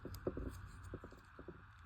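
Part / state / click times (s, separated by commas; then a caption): plastic helmet piece into toy robot head / seated / 0.1 s, 0.3 s. A plastic helmet piece of a transforming toy is twisted into the right position on the toy robot head and snaps in. Sharp plastic clicks are heard at 0.2 s and 0.3 s, followed by softer handling taps and rustling. The helmet piece is seated in place.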